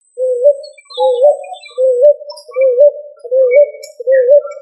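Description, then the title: Pigeon giving a steady series of wavering coos, each under a second long, while faint twittering from other birds sounds in the background. "Familia Columbidae Pomba"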